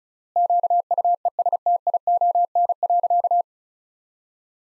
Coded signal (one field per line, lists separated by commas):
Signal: Morse code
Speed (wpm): 36 wpm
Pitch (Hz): 700 Hz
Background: none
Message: QUESTION.